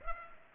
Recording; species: mosquito wingbeat signal from an infrared sensor; Culex pipiens